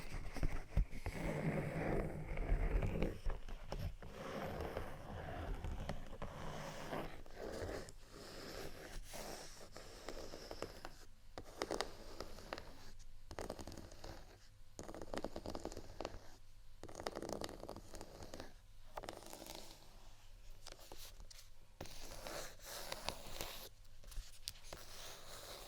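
Scratching and tapping on textured items, dense rasping strokes at first, then irregular repeated scrapes with short pauses and a low steady hum underneath.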